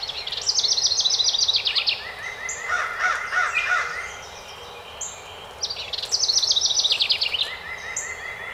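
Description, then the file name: House wren song: two energetic bubbling trills about five seconds apart, while another bird repeats short notes and some softer chatter fills the gap. Recorded 12 May 2018. "2018-05-12 HOWR"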